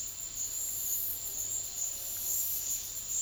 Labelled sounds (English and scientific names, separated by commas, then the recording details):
none
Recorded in pastures near Puerto Asís, Putumayo, Colombia, on 28 February 2025 at 14:00
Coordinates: 0.502, -76.324
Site GP07